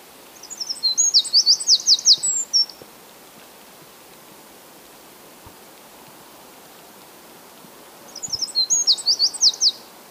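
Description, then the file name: Eurasian wren delivering two rapid, high trilling bursts of bright descending notes about five seconds apart, with quiet background between them. "Troglodytes troglodytes"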